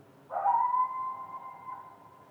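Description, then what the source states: Coyote howl: a single sustained tone rising briefly then holding level for nearly two seconds, with a faint upper harmonic and soft background hiss. Coyotes recorded near a wildfire, seemingly upset; natural reverberation, unprocessed recording.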